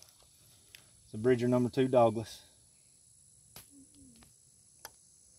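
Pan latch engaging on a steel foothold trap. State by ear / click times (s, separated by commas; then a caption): seated / 4.9 s. A steel foothold trap, a Bridger No. 2 dogless, is set by pressing its jaws down and engaging the pan latch, or night latch. Someone talks early in the clip, then a single sharp click at 4.9 s marks the latch engaging and the trap seated and ready.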